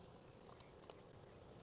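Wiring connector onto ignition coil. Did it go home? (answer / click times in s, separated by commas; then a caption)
yes / 0.9 s. An electrical connector is pushed back onto an ignition coil of an RS / ST mk3, and its plastic lock tab is pressed home over a steady low background hum. A faint tap is heard at 0.6 s, then one sharp, short click at 0.9 s as the lock tab clicks in and the connector is seated.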